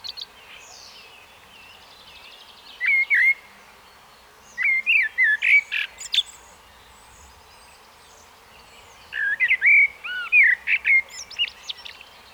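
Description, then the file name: Common blackbird song in three phrases of warbled whistles and high twittering, separated by short pauses. "Turdus merula"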